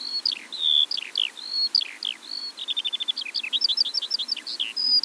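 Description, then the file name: Eurasian skylark song, a fast continuous stream of high chirps, slurred whistles and rapid trills that barely pause over five seconds. From Eastern Europe. "Stimmen der Natur aus Osteuropa - Feldlerche"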